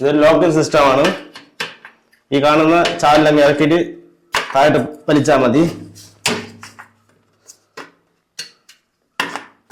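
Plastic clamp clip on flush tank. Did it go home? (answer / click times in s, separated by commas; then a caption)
yes / 9.2 s. A plastic clamp clip is pushed down by its channel and pulled to lock onto a flush tank while someone talks. A few short knocks and clicks follow, with a sharp click at 9.2 s as the clip locks in place.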